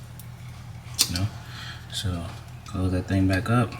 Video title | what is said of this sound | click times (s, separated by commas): GoPro Hero 11 Black Unboxing & Review -- Compared to old GoPro | and it clicks right in. You just push it down and it goes, | 0.2 s